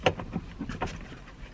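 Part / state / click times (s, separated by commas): rear dome light piece into headliner opening / not seated / none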